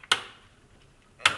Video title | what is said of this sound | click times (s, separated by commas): EeePC Teardown [Filmed on a psp camera] | Now it's snapped in place. | 0.1 s, 1.3 s